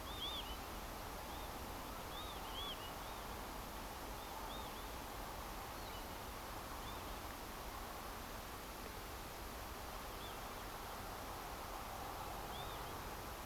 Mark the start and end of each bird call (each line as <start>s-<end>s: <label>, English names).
0.04s-0.56s: Northern Lapwing
1.28s-1.50s: Northern Lapwing
2.10s-3.40s: Northern Lapwing
4.17s-4.86s: Northern Lapwing
5.75s-6.00s: Northern Lapwing
6.82s-7.11s: Northern Lapwing
9.92s-10.64s: Northern Lapwing
12.51s-12.92s: Northern Lapwing